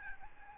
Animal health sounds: mosquito wingbeat signal from an infrared sensor; Aedes albopictus

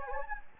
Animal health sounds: mosquito wingbeat signal from an infrared sensor; Anopheles gambiae

